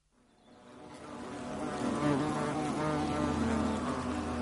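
European hornet buzzing, the low hum rising from silence and growing steadily louder before holding a fairly even drone.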